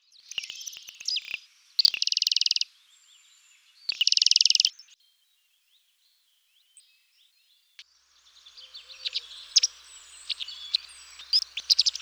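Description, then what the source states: Bird song in bursts, two loud dense buzzy trills, a long near-silence, then a busy run of high twittering notes. Song unit 2, from a set of 30 ms song units.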